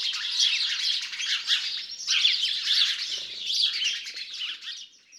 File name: Passer domesticus